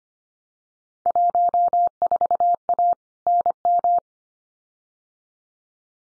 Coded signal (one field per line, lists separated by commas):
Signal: Morse code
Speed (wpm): 25 wpm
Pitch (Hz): 700 Hz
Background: none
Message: 14A NM